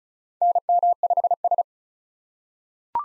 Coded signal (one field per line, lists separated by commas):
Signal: Morse code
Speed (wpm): 36 wpm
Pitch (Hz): 700 Hz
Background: none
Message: NM5S